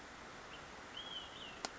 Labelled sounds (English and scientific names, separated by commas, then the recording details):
Olive-sided Flycatcher (Contopus cooperi)
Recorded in Sonoma County, California